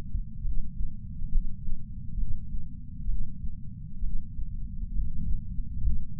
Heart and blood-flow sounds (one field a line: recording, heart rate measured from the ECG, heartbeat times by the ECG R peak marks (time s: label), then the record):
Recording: heart sounds by patch sensor on the chest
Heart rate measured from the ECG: 67 bpm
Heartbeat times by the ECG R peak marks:
0.42 s: heartbeat
1.30 s: heartbeat
2.16 s: heartbeat
3.06 s: heartbeat
4.01 s: heartbeat
4.92 s: heartbeat
5.81 s: heartbeat
From the record:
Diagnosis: coronary artery disease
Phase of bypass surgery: preoperative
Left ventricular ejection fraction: 47%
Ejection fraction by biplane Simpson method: 47.3%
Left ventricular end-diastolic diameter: 51 mm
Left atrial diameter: 32 mm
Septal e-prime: 4.7 cm/s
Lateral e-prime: 7 cm/s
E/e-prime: 9.1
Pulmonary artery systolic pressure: 21 mmHg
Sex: male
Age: 60 years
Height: 174 cm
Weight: 72 kg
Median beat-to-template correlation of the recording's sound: 0.91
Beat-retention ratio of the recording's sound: 0.98